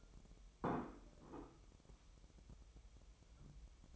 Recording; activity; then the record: daily activity, microphone in the room; place plate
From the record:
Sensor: 1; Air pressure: 988.6 hPa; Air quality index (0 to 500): 197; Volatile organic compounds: 943 ppm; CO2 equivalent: 5239 ppm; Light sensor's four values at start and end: 25/93/35/36 and 25/93/35/36